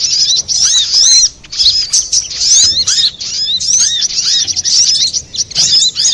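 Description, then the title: Little spiderhunter song, bursts of fast high-pitched chirping and looping whistled notes with short silent gaps. Master recording for training cage birds, labelled Labaik. "Masteran Burung Sogok Ontong Labaik"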